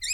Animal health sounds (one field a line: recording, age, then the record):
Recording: pig call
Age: weaner (32 to 43 days)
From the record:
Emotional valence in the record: negative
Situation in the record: novel object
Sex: female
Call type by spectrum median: high-frequency call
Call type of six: high-frequency stable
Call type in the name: high-frequency stable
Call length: 0.14 s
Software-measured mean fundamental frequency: 2020 Hz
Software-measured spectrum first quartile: 3619 Hz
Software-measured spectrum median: 5496 Hz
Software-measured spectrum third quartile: 7652 Hz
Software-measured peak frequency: 7532 Hz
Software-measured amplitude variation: 105 dB a second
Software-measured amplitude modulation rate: 7.2 a second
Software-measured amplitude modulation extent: 14.6 dB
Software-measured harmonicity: 14.4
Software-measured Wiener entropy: -4.62